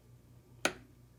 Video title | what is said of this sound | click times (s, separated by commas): How to Fletch an Arrow | Then you rotate it. Listen for the click. | 0.7 s